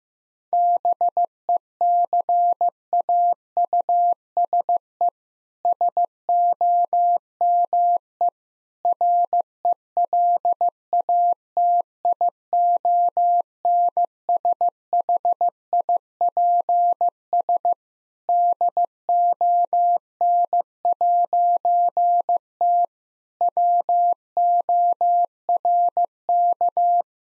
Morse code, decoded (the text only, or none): BECAUSE SOME RELATIONSHIPS DON'T WORK